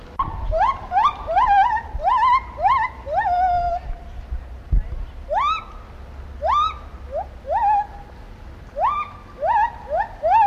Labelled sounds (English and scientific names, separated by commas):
Lar Gibbon (Hylobates lar)